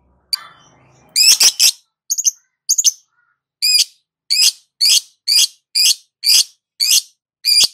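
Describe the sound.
Lovebird calling: harsh high chirps in short groups, then sharp single squawks repeated roughly every half second.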